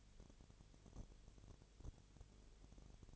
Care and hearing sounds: daily activity, microphone in the room; no activity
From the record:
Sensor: 4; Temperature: 22.7 degrees Celsius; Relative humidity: 32.0%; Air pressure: 1008.1 hPa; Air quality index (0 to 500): 114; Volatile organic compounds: 2 ppm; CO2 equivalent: 1107 ppm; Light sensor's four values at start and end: 2/3/1/1 and 2/3/1/1

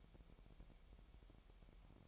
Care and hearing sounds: daily activity, microphone in the room; take from stove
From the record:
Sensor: 1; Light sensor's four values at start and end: 65/155/65/67 and 65/154/65/67

